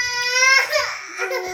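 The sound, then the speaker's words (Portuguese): A baby who has hurt itself cries in one long, high-pitched wail that wavers and breaks into shorter sobbing bursts, loud and strained, with no other voices over it. “Ui, gente, vai ter bebê chorando.”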